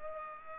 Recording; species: mosquito wingbeat signal from an infrared sensor; Culex pipiens